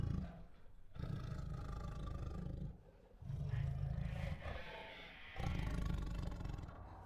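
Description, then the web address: Tiger growling heavily in long, low rumbling phrases, about four bouts separated by short quieter gaps. Restless tigers giving growls, huffs, moans and roars. "Sound Ideas Tigers. Restless with Growls, Huffs, Moans and Roars"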